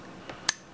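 A stainless steel quick-disconnect fitting for brewing hoses is pushed onto its mating male fitting. A faint tap comes at 0.3 s, then a sharp, bright metallic click at 0.5 s. The fitting locks in place securely enough to be trusted.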